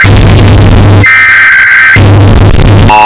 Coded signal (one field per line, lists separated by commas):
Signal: Emergency Alert System (SAME) tones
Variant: header bursts